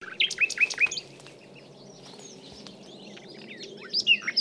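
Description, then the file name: Common nightingale with a quick series of loud whistled notes, a stretch of soft scattered notes, then sharp whistles and chirps returning at the end. "Luscinia megarhynchos"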